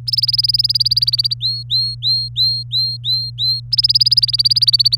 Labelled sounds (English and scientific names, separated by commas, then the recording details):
Domestic Canary (Serinus canaria) song
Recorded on 24 April 2018 at 17:24
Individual llb3